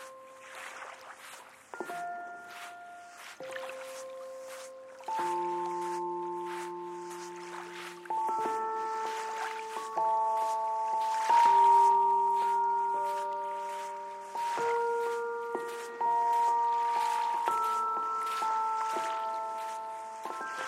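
Soft lapping river water with frequent small splashes runs under sustained piano and synth chords that change every couple of seconds, slowly growing louder.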